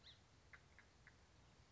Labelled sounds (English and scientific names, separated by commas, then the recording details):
Song Sparrow (Melospiza melodia)
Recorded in Sonoma County, California